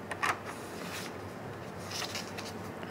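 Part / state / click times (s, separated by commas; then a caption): plastic hard shell case section onto laptop / not seated / none. A section of a plastic hard shell case is handled and lined up on a MacBook Air laptop to work out how it fits before being pressed on. Only light handling noises are heard, with small taps near 0.1 s and 2.8 s over a steady low background hum. Nothing has seated or clicked into place yet.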